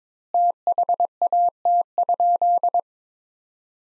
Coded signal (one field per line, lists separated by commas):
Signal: Morse code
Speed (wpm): 22 wpm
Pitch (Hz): 700 Hz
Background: none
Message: THAT?